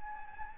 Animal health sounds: mosquito wingbeat signal from an infrared sensor; Anopheles gambiae

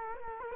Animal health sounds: mosquito wingbeat signal from an infrared sensor; Culex quinquefasciatus

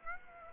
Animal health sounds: mosquito wingbeat signal from an infrared sensor; Aedes aegypti

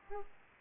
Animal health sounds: mosquito wingbeat signal from an infrared sensor; Aedes aegypti

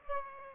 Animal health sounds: mosquito wingbeat signal from an infrared sensor; Aedes aegypti

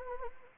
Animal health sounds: mosquito wingbeat signal from an infrared sensor; Anopheles arabiensis

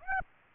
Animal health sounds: mosquito wingbeat signal from an infrared sensor; Aedes aegypti

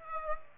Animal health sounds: mosquito wingbeat signal from an infrared sensor; Aedes aegypti

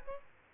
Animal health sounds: mosquito wingbeat signal from an infrared sensor; Aedes aegypti

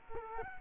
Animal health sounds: mosquito wingbeat signal from an infrared sensor; Culex quinquefasciatus

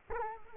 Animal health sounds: mosquito wingbeat signal from an infrared sensor; Culex quinquefasciatus

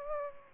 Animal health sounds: mosquito wingbeat signal from an infrared sensor; Aedes aegypti

